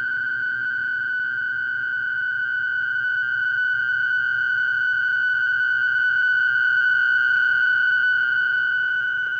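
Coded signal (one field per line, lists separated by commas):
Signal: fast PSK data mode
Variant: PSKR mode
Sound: a steady warbling tone near 1.5 kHz with rapid fluttering texture throughout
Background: radio static, low hum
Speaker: now until the end of today's program i will be using the pskr modes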